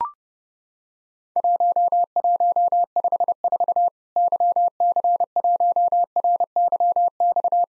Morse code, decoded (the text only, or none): 1154 YC1RYX